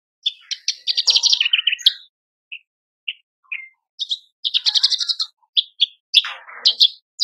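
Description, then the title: Horsfield's bush lark song, a fast jumble of high chirps and buzzy trills with short pauses between varied phrases; no other sounds. Masteran (cage-bird training) recording of Horsfield's bush lark song, described as very active (super gacor) and effective. "MASTERAN KICAUAN BRANJANGAN SUPER GACOR"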